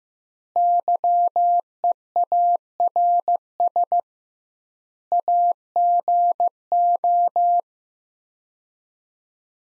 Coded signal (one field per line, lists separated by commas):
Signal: Morse code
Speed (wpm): 15 wpm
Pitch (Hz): 700 Hz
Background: none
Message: YEARS AGO